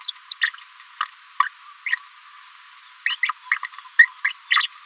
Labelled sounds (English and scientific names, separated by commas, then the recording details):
Green-rumped Parrotlet (Forpus passerinus) babbling
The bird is a female
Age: 30 days
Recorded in a nest box in Venezuela
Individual 17B73B2